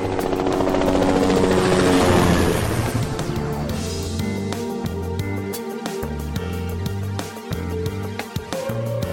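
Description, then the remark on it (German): A helicopter's loud rotor roar and whine swells over the first few seconds as it climbs higher and flies along the cliffs, then slowly recedes as low, steady music tones take over. “Dann stieg der Hubschrauber höher und flog an den Felsen entlang.”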